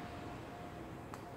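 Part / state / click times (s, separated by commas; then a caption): camera flex connector into smartphone logic board socket / seated / 1.1 s. On an iPhone 4S logic board, the rear camera flex connector is unplugged and pressed back into its socket a second time because no click was heard on the first press. Over a steady background hiss with a faint tone, a single short, sharp click sounds at 1.1 s. The connector is confirmed seated.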